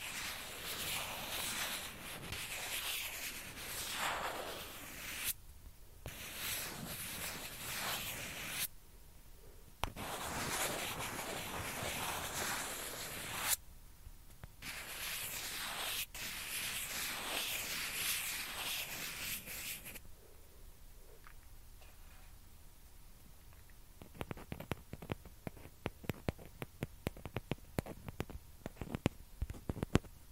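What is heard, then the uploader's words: A ping pong ball is scratched and rubbed in long hissy bursts for the first twenty seconds, broken by brief silent gaps. After that it turns to quick, light tapping, sharp dry clicks coming in irregular clusters until the end. ASMR TAPPING AND SCRATCHING WITH PING PONG BALL.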